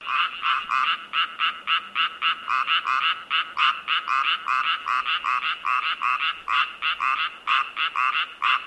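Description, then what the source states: Frog croaking in a steady run of short pulses, several each second, with no other clear sounds. Frogs in an unused swimming pool.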